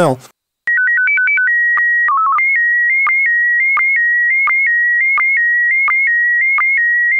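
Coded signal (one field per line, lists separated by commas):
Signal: SSTV (slow-scan television)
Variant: PD 90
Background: speech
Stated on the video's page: SSTV transmission in PD90 mode.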